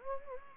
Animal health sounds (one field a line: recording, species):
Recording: mosquito wingbeat signal from an infrared sensor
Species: Anopheles gambiae